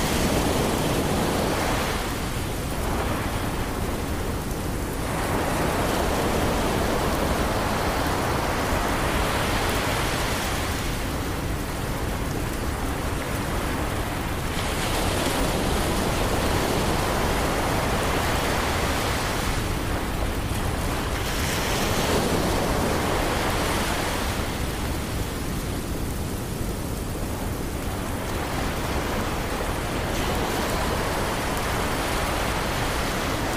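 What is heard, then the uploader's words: Ocean waves surge and recede roughly every five to eight seconds under a dense, steady hiss like rain, the whole scene loud. Ocean Waves And Gentle Rain.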